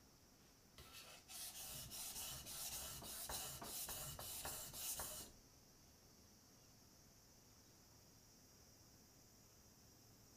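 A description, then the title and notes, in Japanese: A knife is sharpened with quick back-and-forth rasping strokes for about four and a half seconds, each stroke bright and gritty, roughly two per second. After that the scraping stops and only a faint steady hiss remains. 環境音 久しぶりの包丁研ぎ。3本研いで少し疲れました。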